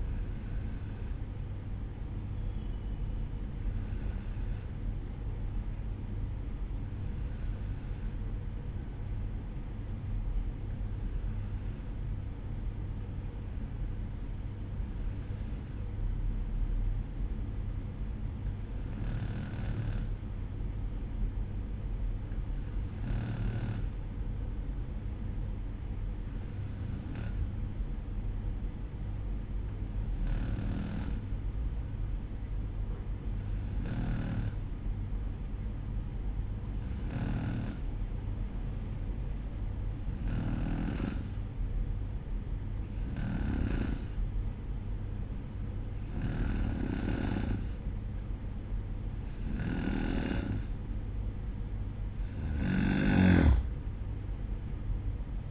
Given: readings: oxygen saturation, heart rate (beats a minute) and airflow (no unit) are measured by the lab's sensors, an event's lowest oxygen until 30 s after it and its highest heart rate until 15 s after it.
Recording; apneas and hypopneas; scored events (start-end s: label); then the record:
breathing in sleep by a smartphone at the bedside; 1
12.00-50.00 s: hypopnea (N2, oxygen 95% highest, then 92% lowest, heart rate 58 at the start, 65 highest)
From the record:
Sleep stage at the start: N2 (light sleep); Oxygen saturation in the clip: 92 to 95%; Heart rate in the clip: 58 to 61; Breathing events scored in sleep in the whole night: 305 in 9.6 hours asleep